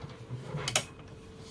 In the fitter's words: so it's locked in like that so it doesn't twist